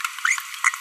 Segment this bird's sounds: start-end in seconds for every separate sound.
0.25-0.39, 0.64-0.70